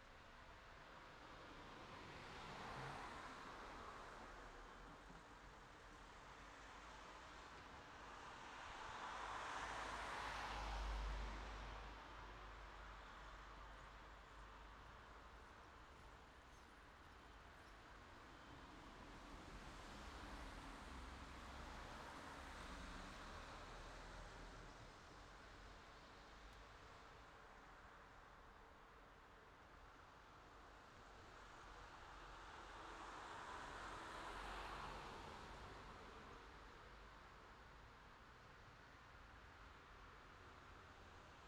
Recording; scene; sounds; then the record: everyday scene through a hearing-aid microphone; in traffic; traffic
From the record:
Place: city secondary road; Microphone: in the ear canal, left